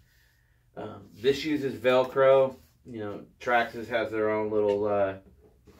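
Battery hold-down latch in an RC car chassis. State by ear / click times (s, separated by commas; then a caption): not seated / none. Someone talks while handling the plastic battery hold-down latch on an RC car chassis, closing it over the battery. Only speech is heard in this stretch. Nothing has seated or clicked into place yet.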